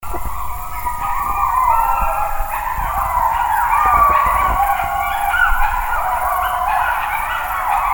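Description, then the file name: Wolf howls in chorus, several long sliding tones rising and falling and overlapping, with a steady low rumble beneath. "vlci"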